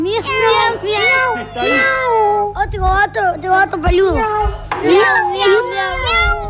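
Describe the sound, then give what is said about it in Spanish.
A person imitates a cat, letting out a string of high, wavering meows with rising and falling pitch, mixed in with brief bits of talking. “Miau, ¿quién está ahí? Otro gato peludo.”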